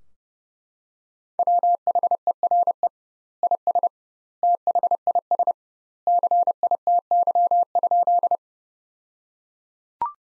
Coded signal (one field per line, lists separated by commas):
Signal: Morse code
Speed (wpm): 30 wpm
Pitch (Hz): 700 Hz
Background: none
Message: WHERE IS THIS CITY?